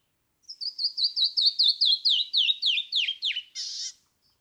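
Canyon wren song, about a dozen slurred whistled notes falling gradually in pitch, finished by a short harsh buzzy note.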